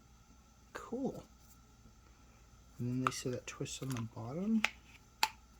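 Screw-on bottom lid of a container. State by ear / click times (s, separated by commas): torque reached / 5.2 s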